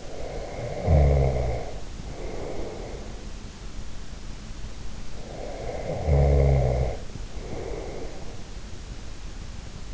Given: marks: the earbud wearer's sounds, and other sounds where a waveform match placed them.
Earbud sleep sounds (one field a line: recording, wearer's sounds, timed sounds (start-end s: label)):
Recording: sounds in sleep by an in-ear microphone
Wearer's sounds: snoring breath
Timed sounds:
0.00-3.49 s: snoring breath
5.10-8.50 s: snoring breath